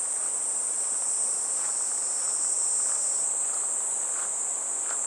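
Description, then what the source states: Cicada: one shrill, unbroken high hiss, with faint footsteps tapping along below it. Recorded on a walk along a riverbank path on a fresh, clear morning, heading toward a weir where water falls like a waterfall; cicada voices gradually give way to falling water.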